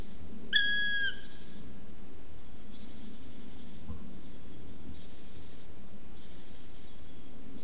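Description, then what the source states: Black woodpecker call: one drawn-out, ringing, slightly falling note, followed by faint high thin notes and a low background rumble. Wing whirring, flight call and call.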